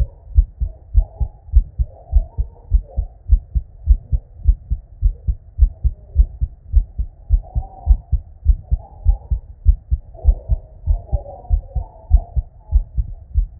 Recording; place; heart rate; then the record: heart sounds by stethoscope; Erb's point; 100 bpm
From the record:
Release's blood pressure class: normal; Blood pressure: 112/59 mmHg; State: at rest